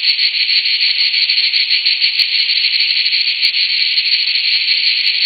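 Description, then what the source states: Cicadas singing in an unbroken, harsh, hissing buzz that holds level the whole time, slightly throbbing, with occasional sharp ticks. Cicadas, more than one, recorded in Greece.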